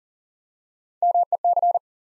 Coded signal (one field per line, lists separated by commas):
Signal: Morse code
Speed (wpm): 42 wpm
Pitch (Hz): 700 Hz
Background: none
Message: MEC